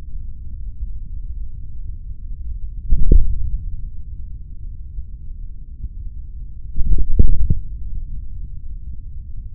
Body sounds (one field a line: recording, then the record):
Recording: forearm muscle sounds (acoustic myography)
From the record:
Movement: hand closing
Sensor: system 3, bracelet of six PUI Audio POM-2738L microphones around the upper forearm, with dedicated amplification and filtering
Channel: 1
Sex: male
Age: 56 years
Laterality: right